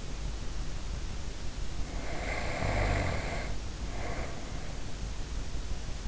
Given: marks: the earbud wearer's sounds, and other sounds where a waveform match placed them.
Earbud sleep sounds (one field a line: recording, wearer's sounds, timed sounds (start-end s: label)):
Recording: sounds in sleep by an in-ear microphone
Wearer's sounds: snoring breath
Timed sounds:
2.11-4.50 s: snoring breath